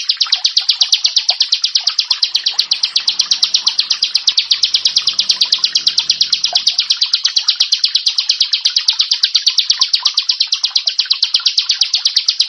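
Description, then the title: Prinia song: a hurried, scratchy trill of rapid notes that keeps going without pause. "Ciblek Sawah"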